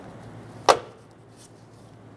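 The upper end of a new back-glass gas lift support, with its metal retaining clip pre-installed, is lined up and pushed onto the ball stud on the liftgate glass of a 2007-2014 Cadillac Escalade 6.2L V8. One sharp snap sounds at 0.7 s over quiet background, and the end fitting is seated on the stud.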